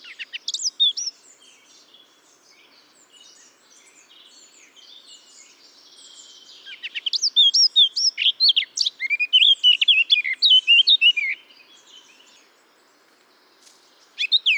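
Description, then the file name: Eurasian blackcap song: a brief loud phrase, then soft, scratchy chattering that builds into a loud, rich warble of whistled notes, then stops, with a short phrase restarting at the end. "Sylvia atricapilla"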